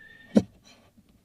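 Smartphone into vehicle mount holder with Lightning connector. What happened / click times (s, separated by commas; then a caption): The device snapped down onto its connector in the holder / 0.4 s. An iPhone is slid down the rails of a plastic vehicle mount holder and snaps onto its Lightning connector with a single sharp click at 0.4 s, followed by a faint softer tick near 1.1 s. The phone is seated, sitting nice and firm in the holder.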